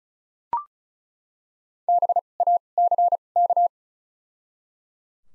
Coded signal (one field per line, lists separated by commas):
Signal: Morse code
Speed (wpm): 36 wpm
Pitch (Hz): 700 Hz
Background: none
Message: BACK